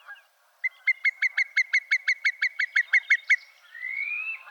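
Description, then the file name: Whimbrel call: a loud rapid trill of about fifteen evenly spaced piping notes on one pitch, followed by a single long rising whistle. "John Neville - Whimbrel"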